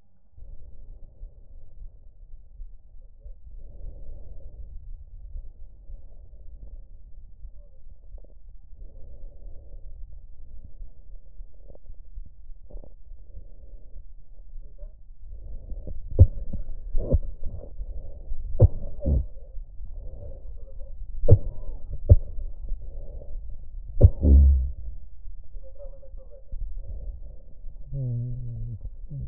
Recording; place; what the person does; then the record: lung sounds by stethoscope; left anterior apical chest; quiet breathing, then cough and speech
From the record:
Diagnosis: pulmonary infection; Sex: male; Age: 69 years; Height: 184 cm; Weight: 115 kg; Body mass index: 34.0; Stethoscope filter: extended mode